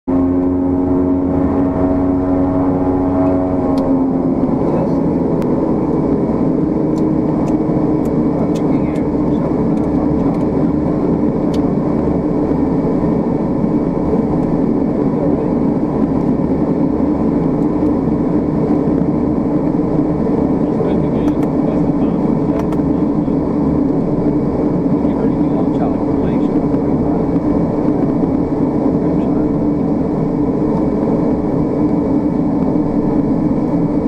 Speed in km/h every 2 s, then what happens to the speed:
0, 0, 0, 0, 0, 0, 0, 0, 0, 0, 0, 2, 3, 5, 5, 6, 8.
0-23 standing. 23-34 pulls away to 8.